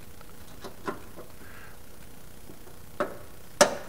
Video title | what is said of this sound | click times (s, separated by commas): EP #35 What is a Rony Bracket?! Challenger 2 Ultralight Airplane Rebuild/Upgrade. | nice positive click stop tells me it's locked in place it's in there good and solid | 3.6 s